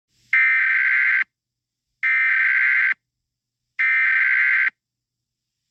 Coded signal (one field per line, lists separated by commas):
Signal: Emergency Alert System (SAME) tones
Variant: header bursts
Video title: EAS SCENARIO 29: Kiara E.X.E